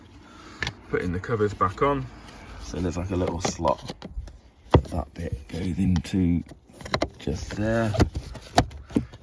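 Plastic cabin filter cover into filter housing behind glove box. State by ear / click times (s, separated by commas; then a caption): seated / 8.6 s. Someone talks while a plastic cabin filter cover is slotted into its filter housing behind the glove box of a Hyundai Tucson, after a new cabin air filter has been fitted, and pushed home. One sharp, loud, short click sounds at 8.6 seconds as the cover seats back in place.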